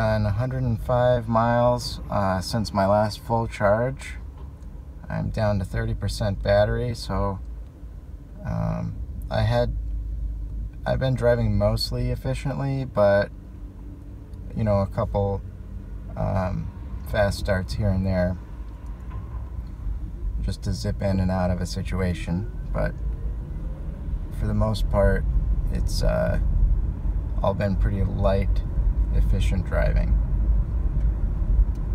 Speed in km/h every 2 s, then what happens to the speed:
0, 0, 0, 0, 0, 0, 0, 0, 0, 0, 0, 16, 23, 31, 35, 37.
0-21 standing. 21-32 pulls away to 37.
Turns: none.